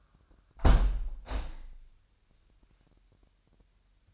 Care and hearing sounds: daily activity, microphone in the room; close window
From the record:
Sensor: 2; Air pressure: 998.0 hPa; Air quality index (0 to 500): 149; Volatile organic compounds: 4 ppm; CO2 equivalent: 1681 ppm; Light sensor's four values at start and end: 10/29/11/11 and 10/29/11/11

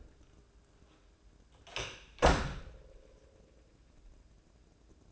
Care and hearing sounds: daily activity, microphone in the room; close door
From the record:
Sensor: 2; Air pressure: 1012.2 hPa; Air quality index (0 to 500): 162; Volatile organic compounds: 2 ppm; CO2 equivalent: 1181 ppm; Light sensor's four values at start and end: 409/1023/415/436 and 424/1060/431/453

